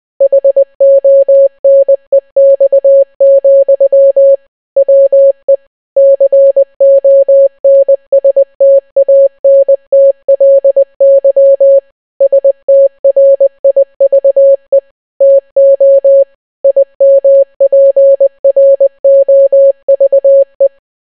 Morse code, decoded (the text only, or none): HONEX, WE CONSTANTLY STRIVE TO IMPROVE